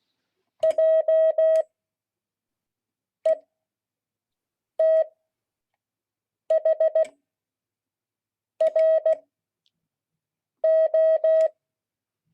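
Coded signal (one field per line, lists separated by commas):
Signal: Morse code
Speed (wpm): 16 wpm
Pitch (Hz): 640 Hz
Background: none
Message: JETHRO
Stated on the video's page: Morse code class.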